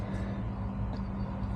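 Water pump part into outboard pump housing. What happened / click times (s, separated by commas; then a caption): The pump part is being lined up; no seating click yet / none. A greased water pump part is placed straight into its housing on a Tohatsu 50 outboard being converted to a jet drive and lined up, with force applied to seat it. A steady low hum runs throughout with no distinct transients, and nothing has clicked into place yet.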